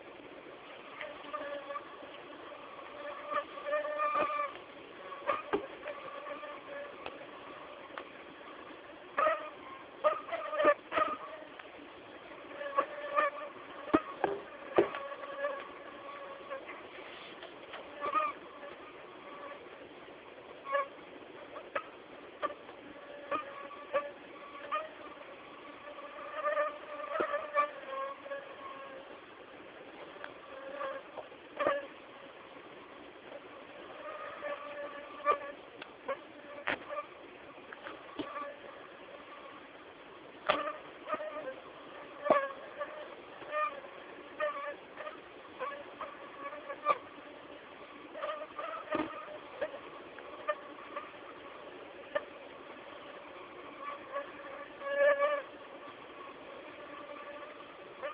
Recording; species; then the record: mosquito flight sound by mobile phone; Aedes aegypti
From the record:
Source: CDC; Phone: Samsung T209